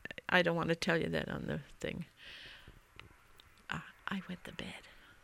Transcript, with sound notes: I don't want to tell you that on the thing. ( she whispers ) I wet the bed,